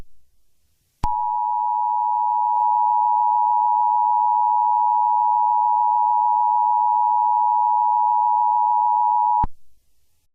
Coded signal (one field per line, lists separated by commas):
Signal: Emergency Alert System (SAME) tones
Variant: 853 and 960 Hz attention tone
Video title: Easter Killer Bunny (Easter EAS Scenario)